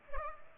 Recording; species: mosquito wingbeat signal from an infrared sensor; Culex pipiens